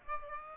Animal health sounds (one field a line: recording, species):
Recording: mosquito wingbeat signal from an infrared sensor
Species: Aedes aegypti